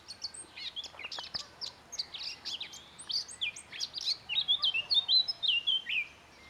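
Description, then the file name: Eurasian blackcap song: a quiet scratchy chattering warble that breaks into loud, clear fluted whistles toward the end, phrases tumbling quickly over about six seconds. "Sylvia atricapilla"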